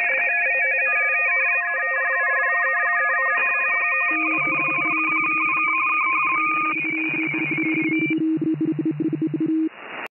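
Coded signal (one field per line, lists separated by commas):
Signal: RTTY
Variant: 45.45 baud, 170 Hz shift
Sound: many overlapping warbling two-tone teleprinter signals chattering at once at different pitches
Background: radio static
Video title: 15 Meter RTTY Pileup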